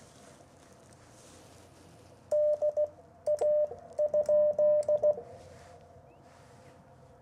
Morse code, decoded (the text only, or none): DA?